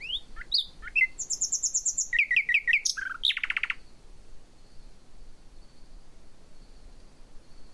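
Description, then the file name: Common nightingale song phrase of quick sweeping whistles and a fast rattling series of repeated notes, followed by several seconds of quiet with a faint constant high hum. "Luscinia megarhynchos"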